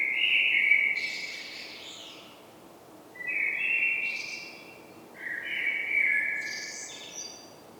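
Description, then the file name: Common blackbird delivering three song phrases in quick succession, each a fluty whistle followed by a thin, scratchy high twitter. "Turdus merula"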